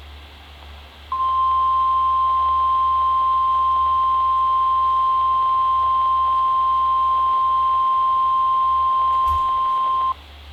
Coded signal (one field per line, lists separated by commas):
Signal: Emergency Alert System (SAME) tones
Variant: 1050 Hz attention tone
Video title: NOAA EAS Alert #45: Severe Thunderstorm Warning (SVR) San Bernardino County, CA